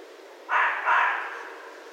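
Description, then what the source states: Red fox giving a rough two-note bark, the notes close together and raspy, with steady faint hiss around them. Recorded 16 January 2012.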